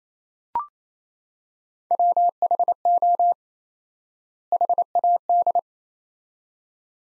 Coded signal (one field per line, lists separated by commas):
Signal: Morse code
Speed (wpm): 27 wpm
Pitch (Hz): 700 Hz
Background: none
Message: WHO HAD